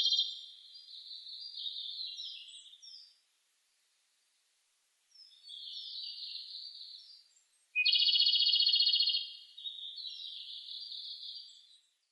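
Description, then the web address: Japanese robin singing high, clear phrases separated by pauses, one phrase opening with a loud, fast, buzzy trill before trailing into softer warbled notes. Recorded 23 July 2006. "2006 060723 komadori"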